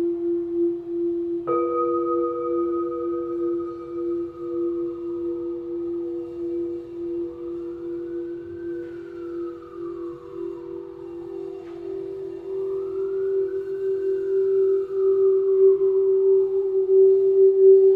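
Crystal singing bowls hum in a steady low drone, a second bright tone joining near two seconds, with slow gliding whistles sweeping above.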